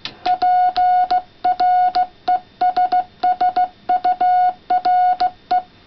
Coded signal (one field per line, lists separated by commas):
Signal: Morse code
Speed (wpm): 16 wpm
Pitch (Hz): 730 Hz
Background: none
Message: PRESSURE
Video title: OH6DC Wallet CW key